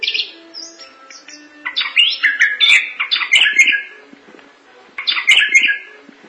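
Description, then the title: Thrush singing energetic, scratchy phrases of chirps and slurs, pausing briefly before another rapid burst. "burung anis x"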